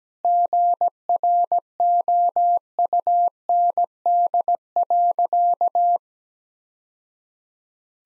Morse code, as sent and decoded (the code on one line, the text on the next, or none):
--. .-. --- ..- -. -.. .-.-.-
GROUND.